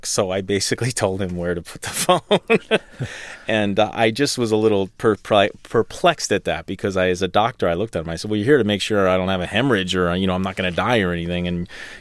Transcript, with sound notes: so I basically told him where to put the phone.
(LAUGHTER)
And I just was a little perplexed at that, because I, as the doctor, I looked at him, I said, well, you're here to make sure I don't have a hemorrhage or, you know, I'm not going to die or anything.